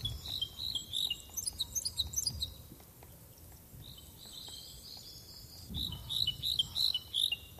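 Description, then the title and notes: Parrot crossbill song, with high, quick, twittering chirps in uneven bursts, a quieter gap in the middle, then renewed clipped notes, over a low background rumble. "Isokäpylintu. esitteli Risto Nevanlinna"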